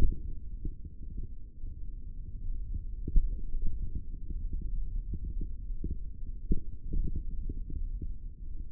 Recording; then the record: forearm muscle sounds (acoustic myography)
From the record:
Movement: hand opening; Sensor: system 3, bracelet of six PUI Audio POM-2738L microphones around the upper forearm, with dedicated amplification and filtering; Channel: 5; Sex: male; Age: 23 years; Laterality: right